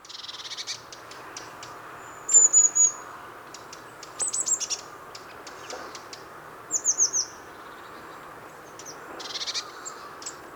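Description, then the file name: Eurasian blue tit giving short series of thin, high, slightly descending whistled notes and a few short buzzy churring rattles, against quiet background hiss. "Cyanistes caeruleus"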